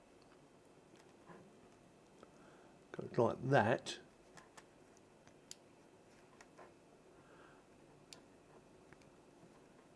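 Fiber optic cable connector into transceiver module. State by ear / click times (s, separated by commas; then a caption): seated / 5.5 s. Someone talks briefly, then a plastic LC fiber optic cable connector is pushed into a network transceiver module amid a few faint ticks. A sharp click at 5.5 s marks the connector seating into the module.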